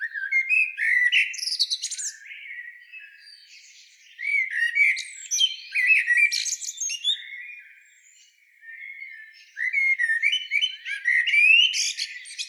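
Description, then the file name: Eurasian blackbird singing in three bursts of fluty, rising notes mixed with squeaky, high twittering, separated by quieter gaps. "Turdus merula"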